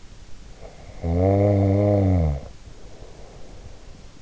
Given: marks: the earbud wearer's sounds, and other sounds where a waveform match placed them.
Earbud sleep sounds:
sounds in sleep by an in-ear microphone; snoring breath
0.50-4.13 s: snoring breath

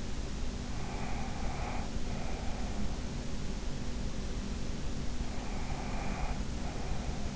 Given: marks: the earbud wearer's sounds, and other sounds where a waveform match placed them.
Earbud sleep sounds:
sounds in sleep by an in-ear microphone; breath
0.74-2.99 s: breath
5.25-7.36 s: breath

